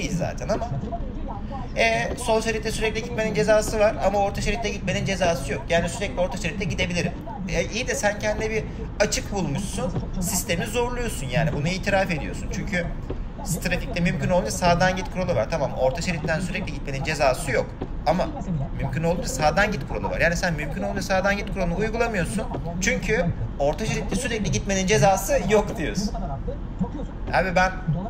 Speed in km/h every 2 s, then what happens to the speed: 78, 82, 85, 87, 89, 91, 90, 89, 88, 88, 88, 88, 88, 88.
0-9 speeds up to 91. 9-28 steady at about 88.